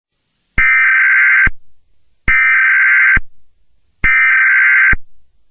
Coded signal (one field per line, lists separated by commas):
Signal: Emergency Alert System (SAME) tones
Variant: header bursts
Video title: EAS Scenario #6: The Hazbin Hotel Disaster